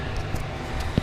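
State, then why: Not seated. The plastic electrical connector of a new air/fuel sensor on a Toyota or Lexus 3.0 is handled and pushed toward its mating harness plug under the hood, with a low steady background rumble and faint handling noises, including a brief louder knock near 1.0 s. Nothing has seated or clicked yet.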